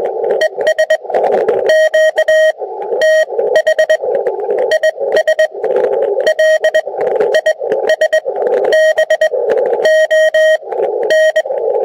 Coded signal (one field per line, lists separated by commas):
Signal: Morse code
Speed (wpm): 20 wpm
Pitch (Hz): 630 Hz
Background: radio noise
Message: ES QTH IS LISBON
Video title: Using HAMA / HDMI Video 4K to USB recording Stick